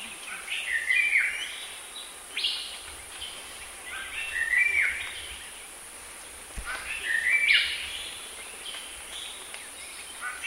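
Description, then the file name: Crow giving harsh, downward-slurred caws in short bursts, several call groups spaced a few seconds apart, over a steady high-pitched hiss. "sg gagak"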